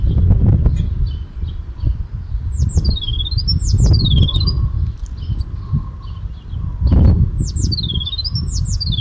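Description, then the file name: Eurasian blue tit calling with sharp descending, wavy high notes in two short bursts, against loud low-pitched rumbling noise. "Cyanistes caeruleus"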